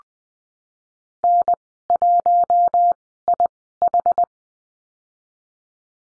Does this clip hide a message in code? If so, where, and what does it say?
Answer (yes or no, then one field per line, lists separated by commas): yes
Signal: Morse code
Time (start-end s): 1.2-4.2 s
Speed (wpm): 20 wpm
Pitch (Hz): 700 Hz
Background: none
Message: N1IH